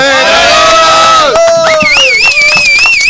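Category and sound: crowd, crowd ovation and cheering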